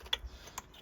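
A plastic retaining clip on the PCV valve assembly of a Peugeot 208 is pressed back into its holder on the engine in the engine bay. A sharp, bright tick at 0.1 s marks the clip seating, followed by a softer tick around 0.6 s and faint handling noise near the end.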